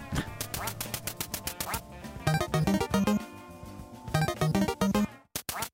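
A short, bouncy jingle for the show Tous les Canards, with steady percussive hits, bright melodic notes and quacking duck sounds woven in, cutting off abruptly near the end. No one speaks.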